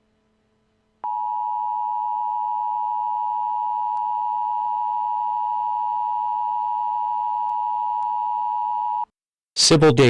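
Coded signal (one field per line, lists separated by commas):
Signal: Emergency Alert System (SAME) tones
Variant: 853 and 960 Hz attention tone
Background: speech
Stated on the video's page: Fictional EAS scenario, a first attempt at making one.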